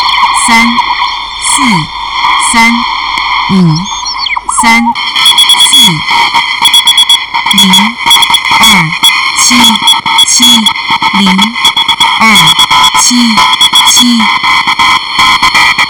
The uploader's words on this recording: Shortwave radio by ERH.